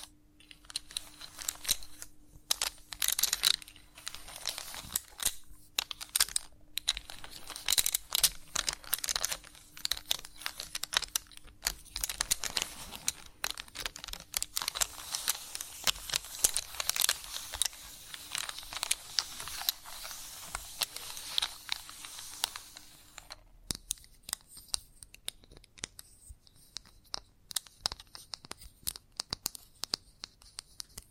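Chalk scratches, scrapes and taps in quick, bright, dense bursts, with short pauses between strokes. A faint steady hum runs underneath until about 23 seconds. After that the scratching thins to lighter, scattered ticks and scrapes until the end.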